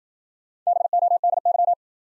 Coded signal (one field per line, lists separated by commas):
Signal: Morse code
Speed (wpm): 53 wpm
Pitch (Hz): 700 Hz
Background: none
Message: BODY